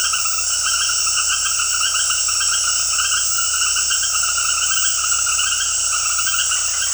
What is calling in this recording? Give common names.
none